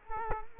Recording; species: mosquito wingbeat signal from an infrared sensor; Culex quinquefasciatus